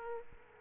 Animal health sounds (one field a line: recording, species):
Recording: mosquito wingbeat signal from an infrared sensor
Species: Aedes aegypti